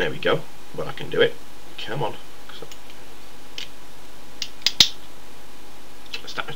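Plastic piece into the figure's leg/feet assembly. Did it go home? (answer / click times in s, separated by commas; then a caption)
yes / 4.7 s, 4.8 s. A plastic piece of a transforming figure is forced into its leg and feet assembly while someone talks and strains at it. After a few lighter clicks, the piece snaps into place with sharp clicks at 4.7 and 4.8 seconds, and a couple of faint clicks follow.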